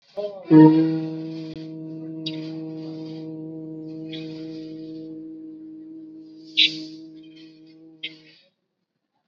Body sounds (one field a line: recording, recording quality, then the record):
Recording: sustained vowel as in boot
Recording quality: moderate, slight background noise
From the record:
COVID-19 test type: RT-PCR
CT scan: not taken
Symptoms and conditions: none ticked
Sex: male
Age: 19 years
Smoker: no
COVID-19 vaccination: both doses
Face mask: worn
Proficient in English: yes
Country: India